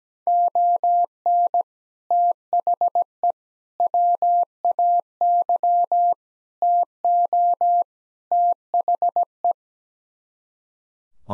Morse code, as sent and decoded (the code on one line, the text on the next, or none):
--- -. / - .... . / .-- .- -.-- / - --- / - .... .
ON THE WAY TO THE